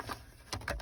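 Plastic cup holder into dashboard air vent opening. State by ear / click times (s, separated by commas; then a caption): not seated / none. A plastic cup holder is pushed by hand into the dashboard air vent opening of a VW MK2 Golf. Faint rustling and handling noise is followed by two short, sharp plastic knocks near 0.5 and 0.7 seconds. Nothing has seated or clicked yet; the cup holder is still being handled and is not yet home.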